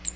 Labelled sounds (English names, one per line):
Cape May Warbler flight call